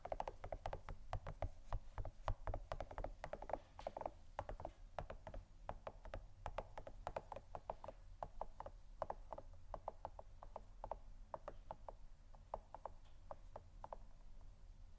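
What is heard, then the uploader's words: Gentle tapping goes on steadily throughout, quick crisp woody clicks several per second at an uneven pace, over a soft low rumble. ASMR Gentle Tapping Assortment (No Talking).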